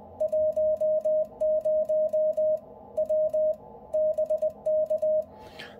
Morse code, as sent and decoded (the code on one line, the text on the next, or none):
.---- ----- / .-- / -... -.-
10 W BK